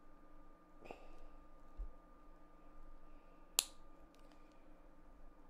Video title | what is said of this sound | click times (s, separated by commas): Model Building: Voltron Super Mini-Pla | that was a very satisfying snapper | 3.6 s